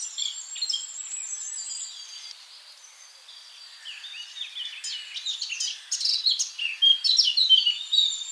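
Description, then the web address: Eurasian blackcap song: quiet, scratchy warbling over a steady background hiss builds into louder, rapid fluted phrases in the last few seconds. "SETE Sylvia atricapilla"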